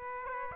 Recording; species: mosquito wingbeat signal from an infrared sensor; Aedes aegypti